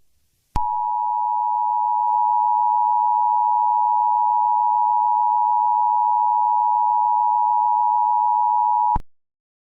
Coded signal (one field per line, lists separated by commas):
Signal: Emergency Alert System (SAME) tones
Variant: 853 and 960 Hz attention tone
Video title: EAS Scenario | Smile Dog (#93)